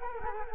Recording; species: mosquito wingbeat signal from an infrared sensor; Culex quinquefasciatus